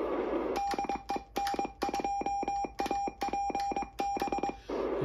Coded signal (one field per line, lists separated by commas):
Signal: Morse code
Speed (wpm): 22 wpm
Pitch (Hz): 800 Hz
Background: none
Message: DE N2APB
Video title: Old Friend QRP CW Transceiver Demo